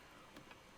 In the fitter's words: it in and getting the clips to snap into place the